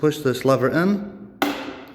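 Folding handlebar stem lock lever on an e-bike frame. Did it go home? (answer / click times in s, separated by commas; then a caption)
yes / 1.4 s. Someone talks while pushing in the locking lever of the folding handlebar stem on an e-bike after unfolding it. The metal latch gives a sharp, bright click at 1.4 s, then rings briefly as the lever locks shut and the handlebar is held in place.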